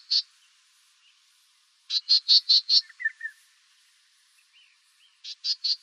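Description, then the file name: Black-tailed gnatcatcher calls: a single rasping note, then a fast run of five harsh buzzy notes, a few soft thin chips, and another quick series of four. "BTGN 3 deviche"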